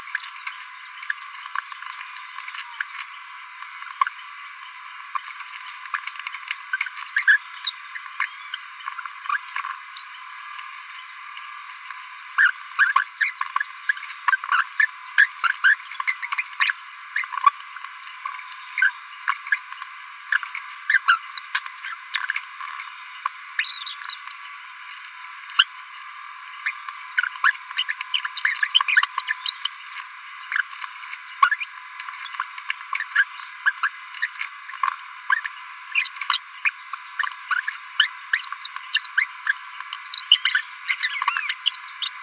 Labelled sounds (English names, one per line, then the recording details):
Green-rumped Parrotlet babbling
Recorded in a nest box in Venezuela
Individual 18B17A3